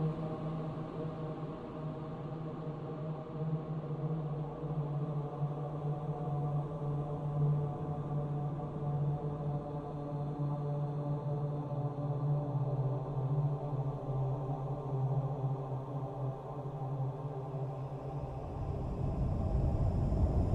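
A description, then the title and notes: A low, steady hum drones on in a creepy cave, with layered tones stacked above it and a faint hiss on top. The sound holds nearly unchanged, then near the end it swells louder and rougher, like a wave rolling in. Humming and waves in a creepy cave.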